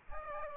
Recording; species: mosquito wingbeat signal from an infrared sensor; Aedes aegypti